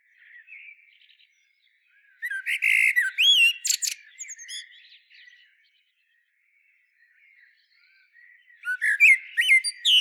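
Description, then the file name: Common blackbird calls: a loud burst of squeaky, twittering notes with sharp high whistles, a quiet stretch with faint chatter, then another loud squeaky burst near the end. "Turdus merula"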